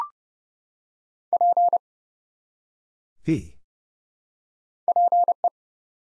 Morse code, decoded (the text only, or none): P PE